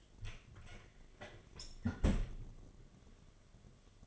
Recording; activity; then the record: daily activity, microphone in the room; close fridge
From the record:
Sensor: 4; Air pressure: 1005.4 hPa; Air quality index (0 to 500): 176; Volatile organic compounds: 5 ppm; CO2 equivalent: 1735 ppm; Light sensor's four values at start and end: 5/10/4/4 and 6/12/4/4